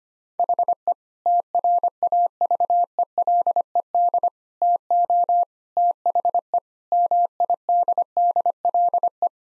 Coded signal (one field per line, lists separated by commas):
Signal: Morse code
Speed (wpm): 25 wpm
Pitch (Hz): 700 Hz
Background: none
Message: HE TRAVELED TO THE MIDDLE